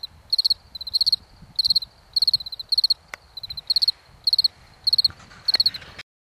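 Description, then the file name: Cicada giving rapid pulsed chirps in tight bursts about every half second, with a sharp click midway, then sudden silence at the end. "cikada"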